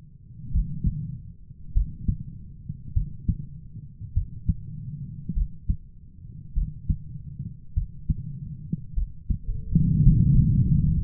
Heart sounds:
heart sounds by stethoscope; 51 bpm
0.51 s: heartbeat
1.72 s: heartbeat
2.92 s: heartbeat
4.12 s: heartbeat
5.32 s: heartbeat
6.52 s: heartbeat
7.72 s: heartbeat
8.93 s: heartbeat
10.00 s: heartbeat
From the record:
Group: heart failure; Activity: rest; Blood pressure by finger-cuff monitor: 84/43 mmHg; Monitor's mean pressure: 56 mmHg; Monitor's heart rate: 50 bpm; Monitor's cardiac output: 4.3 L/min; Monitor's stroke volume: 87 mL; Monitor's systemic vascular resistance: 880 dyn s/cm5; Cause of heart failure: dilated cardiomyopathy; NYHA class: 3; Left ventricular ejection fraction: 27%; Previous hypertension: present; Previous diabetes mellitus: present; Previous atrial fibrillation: present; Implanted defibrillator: present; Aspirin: present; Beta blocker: bisoprolol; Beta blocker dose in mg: 1.25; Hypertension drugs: sacubitril-valsartan, spironolactone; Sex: female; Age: 39 years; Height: 170 cm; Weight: 64 kg

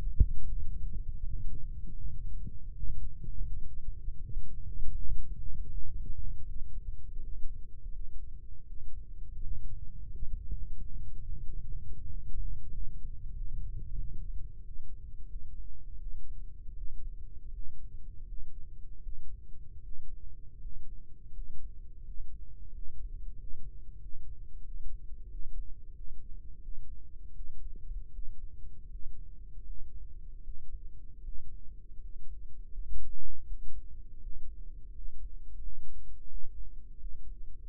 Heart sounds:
heart sounds by microphone in the right ear; 85 bpm
0.13 s: heartbeat
0.79 s: heartbeat
1.43 s: heartbeat
2.06 s: heartbeat
2.72 s: heartbeat
3.43 s: heartbeat
4.18 s: heartbeat
4.90 s: heartbeat
5.66 s: heartbeat
6.43 s: heartbeat
7.18 s: heartbeat
7.89 s: heartbeat
8.64 s: heartbeat
9.39 s: heartbeat
10.07 s: heartbeat
10.73 s: heartbeat
11.40 s: heartbeat
12.06 s: heartbeat
12.69 s: heartbeat
13.33 s: heartbeat
13.96 s: heartbeat
14.62 s: heartbeat
15.26 s: heartbeat
15.98 s: heartbeat
16.73 s: heartbeat
17.51 s: heartbeat
18.23 s: heartbeat
19.00 s: heartbeat
19.79 s: heartbeat
20.58 s: heartbeat
21.30 s: heartbeat
22.01 s: heartbeat
22.70 s: heartbeat
23.34 s: heartbeat
23.97 s: heartbeat
24.61 s: heartbeat
25.28 s: heartbeat
25.92 s: heartbeat
26.60 s: heartbeat
27.32 s: heartbeat
28.10 s: heartbeat
28.87 s: heartbeat
29.62 s: heartbeat
30.40 s: heartbeat
31.20 s: heartbeat
31.97 s: heartbeat
32.70 s: heartbeat
33.43 s: heartbeat
34.18 s: heartbeat
34.90 s: heartbeat
35.58 s: heartbeat
36.26 s: heartbeat
36.96 s: heartbeat
From the record:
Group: healthy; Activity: rest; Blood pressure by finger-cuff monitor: 89/60 mmHg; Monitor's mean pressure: 70 mmHg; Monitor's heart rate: 83 bpm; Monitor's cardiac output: 5.3 L/min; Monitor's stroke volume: 62 mL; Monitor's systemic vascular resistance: 920 dyn s/cm5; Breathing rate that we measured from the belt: 21 breaths a minute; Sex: male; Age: 22 years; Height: 181 cm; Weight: 60 kg

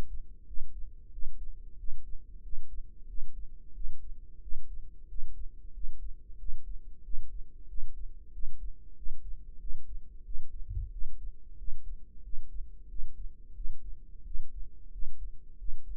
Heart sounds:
heart sounds by microphone in the right ear; 91 bpm
0.48 s: heartbeat
1.13 s: heartbeat
1.79 s: heartbeat
2.44 s: heartbeat
3.09 s: heartbeat
3.75 s: heartbeat
4.43 s: heartbeat
5.09 s: heartbeat
5.75 s: heartbeat
6.40 s: heartbeat
7.05 s: heartbeat
7.69 s: heartbeat
8.34 s: heartbeat
8.97 s: heartbeat
9.61 s: heartbeat
10.26 s: heartbeat
10.93 s: heartbeat
11.59 s: heartbeat
12.24 s: heartbeat
12.90 s: heartbeat
13.56 s: heartbeat
14.26 s: heartbeat
14.93 s: heartbeat
15.60 s: heartbeat
From the record:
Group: healthy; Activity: rest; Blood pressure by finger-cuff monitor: 135/76 mmHg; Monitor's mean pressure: 93 mmHg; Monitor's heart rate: 91 bpm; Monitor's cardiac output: 7.7 L/min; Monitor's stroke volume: 84 mL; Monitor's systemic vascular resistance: 900 dyn s/cm5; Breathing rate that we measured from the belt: 18 breaths a minute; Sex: male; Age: 21 years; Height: 175 cm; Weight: 72.6 kg

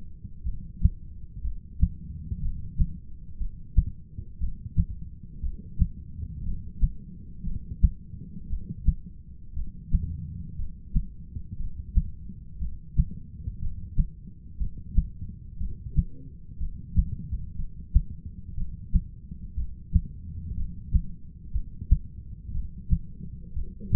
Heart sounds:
heart sounds by stethoscope; 60 bpm
0.44 s: heartbeat
1.42 s: heartbeat
2.41 s: heartbeat
3.38 s: heartbeat
4.39 s: heartbeat
5.41 s: heartbeat
6.44 s: heartbeat
7.44 s: heartbeat
8.48 s: heartbeat
9.54 s: heartbeat
10.56 s: heartbeat
11.57 s: heartbeat
12.59 s: heartbeat
13.59 s: heartbeat
14.58 s: heartbeat
15.58 s: heartbeat
16.58 s: heartbeat
17.56 s: heartbeat
18.55 s: heartbeat
19.55 s: heartbeat
20.55 s: heartbeat
21.52 s: heartbeat
22.52 s: heartbeat
23.54 s: heartbeat
From the record:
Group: heart failure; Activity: rest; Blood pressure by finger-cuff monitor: 121/80 mmHg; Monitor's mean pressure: 93 mmHg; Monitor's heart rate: 60 bpm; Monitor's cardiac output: 6.5 L/min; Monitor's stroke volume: 108 mL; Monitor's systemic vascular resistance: 1060 dyn s/cm5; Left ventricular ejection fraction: 25%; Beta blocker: metoprolol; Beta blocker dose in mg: 62.5 twice daily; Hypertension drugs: ramipril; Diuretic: furosemide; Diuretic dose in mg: 40 twice daily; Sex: male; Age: 57 years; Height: 180 cm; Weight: 90.5 kg

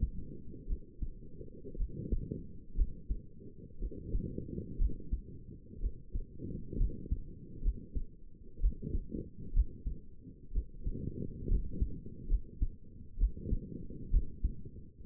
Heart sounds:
heart sounds by stethoscope; 62 bpm
0.67 s: heartbeat
1.77 s: heartbeat
2.76 s: heartbeat
3.79 s: heartbeat
4.79 s: heartbeat
5.81 s: heartbeat
6.78 s: heartbeat
7.63 s: heartbeat
8.61 s: heartbeat
9.54 s: heartbeat
10.53 s: heartbeat
11.49 s: heartbeat
12.29 s: heartbeat
13.18 s: heartbeat
14.11 s: heartbeat
From the record:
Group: healthy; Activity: rest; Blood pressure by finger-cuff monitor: 91/55 mmHg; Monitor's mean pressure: 67 mmHg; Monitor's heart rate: 61 bpm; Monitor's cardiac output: 5.5 L/min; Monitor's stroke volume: 90 mL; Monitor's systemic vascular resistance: 850 dyn s/cm5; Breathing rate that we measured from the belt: 26 breaths a minute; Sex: female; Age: 28 years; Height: 170 cm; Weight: 77 kg

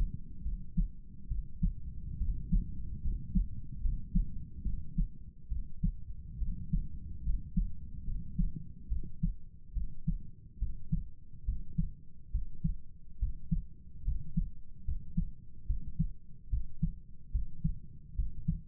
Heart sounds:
heart sounds by stethoscope; 71 bpm
0.43 s: heartbeat
1.29 s: heartbeat
2.19 s: heartbeat
3.02 s: heartbeat
3.81 s: heartbeat
4.63 s: heartbeat
5.49 s: heartbeat
6.39 s: heartbeat
7.24 s: heartbeat
8.05 s: heartbeat
8.89 s: heartbeat
9.74 s: heartbeat
10.59 s: heartbeat
11.45 s: heartbeat
12.31 s: heartbeat
13.19 s: heartbeat
14.04 s: heartbeat
14.85 s: heartbeat
15.66 s: heartbeat
16.49 s: heartbeat
17.31 s: heartbeat
18.15 s: heartbeat
From the record:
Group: healthy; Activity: rest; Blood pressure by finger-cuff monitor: 106/59 mmHg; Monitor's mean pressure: 73 mmHg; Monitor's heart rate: 72 bpm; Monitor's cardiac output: 7.4 L/min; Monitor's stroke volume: 102 mL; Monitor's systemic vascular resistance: 710 dyn s/cm5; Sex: male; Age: 35 years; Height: 180 cm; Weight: 86.9 kg

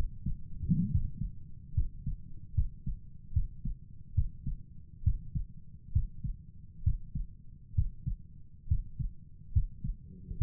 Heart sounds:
heart sounds by stethoscope; 70 bpm
0.91 s: heartbeat
1.74 s: heartbeat
2.55 s: heartbeat
3.33 s: heartbeat
4.15 s: heartbeat
5.04 s: heartbeat
5.93 s: heartbeat
6.84 s: heartbeat
7.75 s: heartbeat
8.68 s: heartbeat
9.53 s: heartbeat
10.38 s: heartbeat
From the record:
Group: healthy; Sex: male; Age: 35 years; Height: 178 cm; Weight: 64 kg

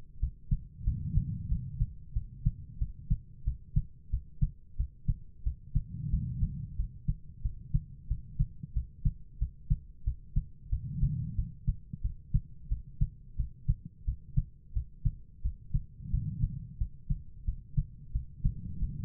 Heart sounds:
heart sounds by stethoscope; 90 bpm
0.19 s: heartbeat
0.83 s: heartbeat
1.47 s: heartbeat
2.12 s: heartbeat
2.77 s: heartbeat
3.43 s: heartbeat
4.09 s: heartbeat
4.75 s: heartbeat
5.42 s: heartbeat
6.09 s: heartbeat
6.75 s: heartbeat
7.41 s: heartbeat
8.06 s: heartbeat
8.72 s: heartbeat
9.37 s: heartbeat
10.03 s: heartbeat
10.68 s: heartbeat
11.34 s: heartbeat
12.00 s: heartbeat
12.67 s: heartbeat
13.35 s: heartbeat
14.04 s: heartbeat
14.72 s: heartbeat
15.41 s: heartbeat
16.09 s: heartbeat
16.77 s: heartbeat
17.44 s: heartbeat
18.11 s: heartbeat
18.78 s: heartbeat
From the record:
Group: healthy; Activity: cold pressor test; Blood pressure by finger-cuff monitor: 108/71 mmHg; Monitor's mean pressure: 86 mmHg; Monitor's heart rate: 90 bpm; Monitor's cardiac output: 6.4 L/min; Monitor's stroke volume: 70 mL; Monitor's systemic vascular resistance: 990 dyn s/cm5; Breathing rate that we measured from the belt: 12 breaths a minute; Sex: female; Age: 43 years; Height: 160 cm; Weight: 90 kg

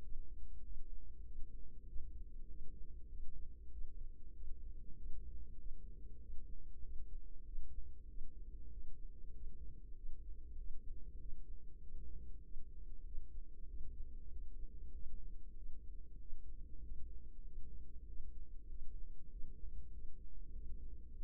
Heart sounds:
heart sounds by microphone in the right ear; 97 bpm
0.61 s: heartbeat
1.22 s: heartbeat
1.84 s: heartbeat
2.45 s: heartbeat
3.07 s: heartbeat
3.68 s: heartbeat
4.31 s: heartbeat
4.93 s: heartbeat
5.55 s: heartbeat
6.17 s: heartbeat
6.80 s: heartbeat
7.42 s: heartbeat
8.05 s: heartbeat
8.68 s: heartbeat
9.30 s: heartbeat
9.93 s: heartbeat
10.54 s: heartbeat
11.16 s: heartbeat
11.78 s: heartbeat
12.40 s: heartbeat
13.02 s: heartbeat
13.65 s: heartbeat
14.27 s: heartbeat
14.91 s: heartbeat
15.53 s: heartbeat
16.16 s: heartbeat
16.79 s: heartbeat
17.42 s: heartbeat
18.04 s: heartbeat
18.66 s: heartbeat
19.28 s: heartbeat
19.89 s: heartbeat
20.50 s: heartbeat
21.12 s: heartbeat
From the record:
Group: healthy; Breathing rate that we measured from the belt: 20 breaths a minute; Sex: female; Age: 32 years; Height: 172 cm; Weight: 71.7 kg

